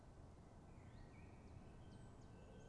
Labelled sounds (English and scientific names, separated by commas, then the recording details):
Common Chiffchaff (Phylloscopus collybita)
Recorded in Germany
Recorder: ecoPi